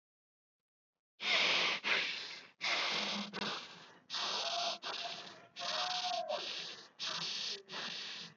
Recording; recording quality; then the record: shallow breathing; excellent, no background noise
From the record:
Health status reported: healthy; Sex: male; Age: 32 years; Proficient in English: yes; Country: India